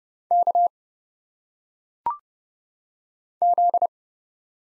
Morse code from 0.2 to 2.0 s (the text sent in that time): K